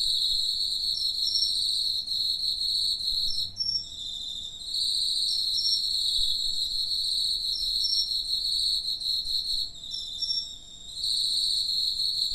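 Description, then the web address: Cricket song of steady high trills, dipping briefly around four and eleven seconds before resuming. "Hoerbeispiele Grillen"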